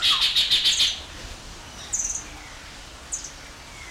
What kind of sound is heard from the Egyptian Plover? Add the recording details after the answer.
call. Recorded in captivity. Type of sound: call sequence. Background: Trachyphonus erythrocephalus. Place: Zoo Berlin, Berlin, DE. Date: 1993-03-20. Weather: 5-8 ° C, böiger Wind. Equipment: Marantz CP 430, Sennheiser ME 80, Kopie Uher Variocord 263. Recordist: Tembrock, Günter. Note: Flug-Rufreihe